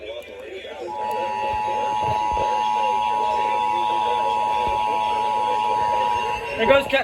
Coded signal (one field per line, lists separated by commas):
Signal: Emergency Alert System (SAME) tones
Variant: 853 and 960 Hz attention tone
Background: speech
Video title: National Periodic Test EAS#289-295